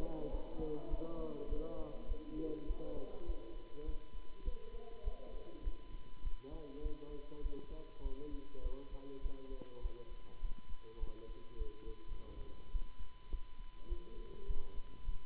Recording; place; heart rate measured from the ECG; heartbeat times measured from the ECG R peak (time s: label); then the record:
heart sounds by stethoscope; between the tricuspid and mitral areas; 102 bpm
0.27 s: heartbeat
0.86 s: heartbeat
1.45 s: heartbeat
2.04 s: heartbeat
2.63 s: heartbeat
3.23 s: heartbeat
3.82 s: heartbeat
4.41 s: heartbeat
5.00 s: heartbeat
5.60 s: heartbeat
6.20 s: heartbeat
6.79 s: heartbeat
7.39 s: heartbeat
7.99 s: heartbeat
8.59 s: heartbeat
9.19 s: heartbeat
9.78 s: heartbeat
10.38 s: heartbeat
10.96 s: heartbeat
11.54 s: heartbeat
12.05 s: heartbeat
12.69 s: heartbeat
13.27 s: heartbeat
13.85 s: heartbeat
14.43 s: heartbeat
15.02 s: heartbeat
From the record:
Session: Bruce protocol treadmill stress test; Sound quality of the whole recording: good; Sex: male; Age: 26 years